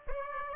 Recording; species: mosquito wingbeat signal from an infrared sensor; Aedes aegypti